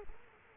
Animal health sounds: mosquito wingbeat signal from an infrared sensor; Culex quinquefasciatus

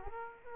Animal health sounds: mosquito wingbeat signal from an infrared sensor; Aedes aegypti

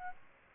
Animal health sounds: mosquito wingbeat signal from an infrared sensor; Aedes aegypti

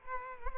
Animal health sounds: mosquito wingbeat signal from an infrared sensor; Culex quinquefasciatus

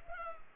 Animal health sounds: mosquito wingbeat signal from an infrared sensor; Culex pipiens

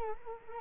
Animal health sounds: mosquito wingbeat signal from an infrared sensor; Culex quinquefasciatus

